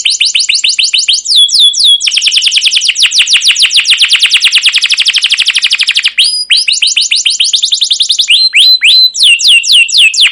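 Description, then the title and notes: Canary song, continuous rapid rolling trills interrupted by short sweeping whistled notes, then more clipped chirps near the end. Caged canary song used as a lure or tutor recording to train young canaries to sing; described as long, continuous chirping and rolling (cuit cuit ngerol, gacor panjang). "CUIT CUIT NGEROL LANGSUNG GACOR PANJANG Kenari Ini AMPUH Utk Pancingan KENAR. PANCINGAN Kenari GACOR PANJANG Cuit CUIT EMOSI ini AMPUH utk MASTERAN Kenari PAUD belajar BUNYI. burung kenari"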